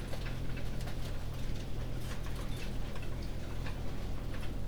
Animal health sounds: poultry house recording; no chicken sound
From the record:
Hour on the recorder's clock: 19

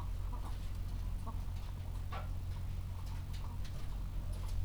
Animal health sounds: poultry house recording; sick chickens (respiratory disease)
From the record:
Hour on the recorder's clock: 13

